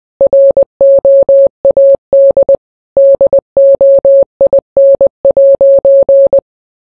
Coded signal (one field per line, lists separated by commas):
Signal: Morse code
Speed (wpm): 20 wpm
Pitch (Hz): 550 Hz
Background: none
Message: ROAD DOIN'